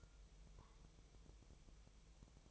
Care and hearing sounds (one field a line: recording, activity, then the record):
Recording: daily activity, microphone in the room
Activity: take from stove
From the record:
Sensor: 1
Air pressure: 999.4 hPa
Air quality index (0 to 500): 199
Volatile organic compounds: 40 ppm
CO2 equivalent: 3157 ppm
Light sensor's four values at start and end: 9/22/8/9 and 9/22/8/9